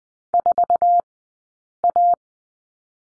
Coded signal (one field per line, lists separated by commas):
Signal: Morse code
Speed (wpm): 20 wpm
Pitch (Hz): 700 Hz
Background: none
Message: 4A